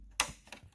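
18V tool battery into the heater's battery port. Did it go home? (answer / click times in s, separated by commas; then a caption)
yes / 0.2 s. An 18V slide-on tool battery is pushed with both hands into the battery port of a Ridgid 18V hybrid forced-air propane heater. A sharp, bright click at 0.2 s marks the battery latching, followed by two much fainter ticks at about 0.5 s and 0.7 s. The battery is seated and shows a full charge.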